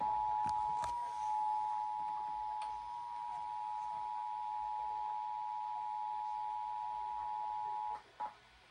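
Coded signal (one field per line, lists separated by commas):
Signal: Emergency Alert System (SAME) tones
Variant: 853 and 960 Hz attention tone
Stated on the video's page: Monthly EAS tests relayed in Kern and Los Angeles areas.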